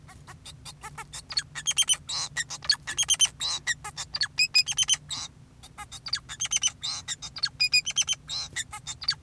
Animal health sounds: song of a male Bengalese finch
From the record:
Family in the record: son of father 2, and himself father 4

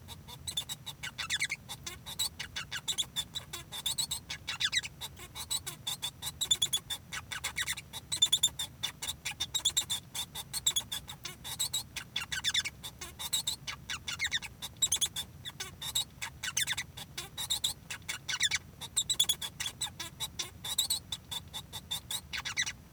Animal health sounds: song of a male Bengalese finch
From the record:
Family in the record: son of father 1

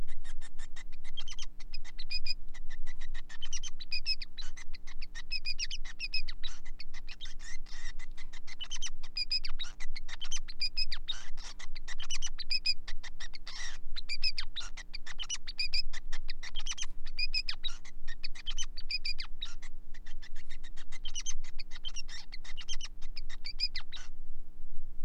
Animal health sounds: song of a male Bengalese finch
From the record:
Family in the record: son of father 5

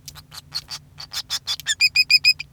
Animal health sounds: song of a male Bengalese finch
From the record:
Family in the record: son of father 5

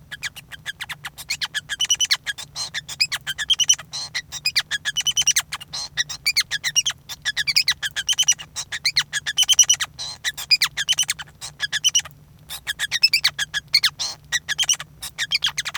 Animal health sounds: song of a male Bengalese finch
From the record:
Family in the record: son of father 5

